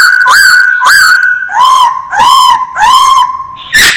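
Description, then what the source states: Masked laughingthrush song: several loud, drawn-out whistles with rich harsh overtones, then a short raspy burst. Called poksay Hongkong; singing vigorously (gacor).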